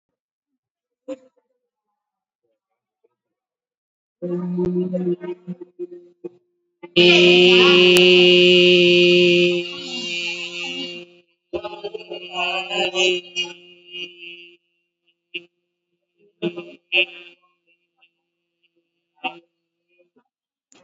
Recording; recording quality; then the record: sustained vowel as in beet; excellent, no background noise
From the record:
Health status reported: COVID-19 positive, mild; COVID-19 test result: positive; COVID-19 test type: RT-PCR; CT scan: taken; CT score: 6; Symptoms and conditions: cough, cold, fatigue, muscle pain, another respiratory illness, hypertension, diabetes, ischaemic heart disease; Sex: female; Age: 63 years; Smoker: no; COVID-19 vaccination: both doses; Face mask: worn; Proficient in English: yes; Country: India